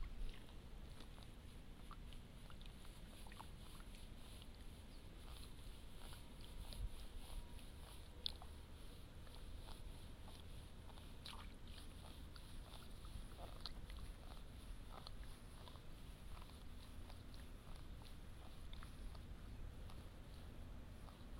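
Rice seedlings are pulled and tied into straw bundles, with scattered rustles and clicks over a steady low rumble and high hiss.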